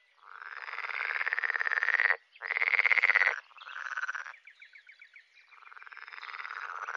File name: grenouille de lessona